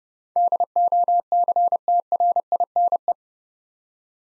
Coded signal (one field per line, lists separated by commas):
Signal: Morse code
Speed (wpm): 30 wpm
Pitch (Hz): 700 Hz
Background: none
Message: DOCTRINE